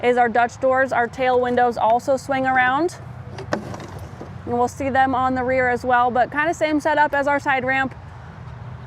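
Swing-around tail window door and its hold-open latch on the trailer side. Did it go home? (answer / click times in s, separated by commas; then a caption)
no / none. Someone talks while handling the swing-around tail window door on a 2026 Cimarron Norstar 2+1 Bumper Pull Warm Blood Straight Load Side Exit horse trailer, swinging it toward the trailer side and its hold-open latch. A single sharp metallic hit comes during a pause in the talk at about 3.5 s. The clip ends before the door is locked into its hold-open latch; nothing has seated or clicked yet.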